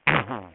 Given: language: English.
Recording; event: throat vibration sensor signal played as sound; throat clearing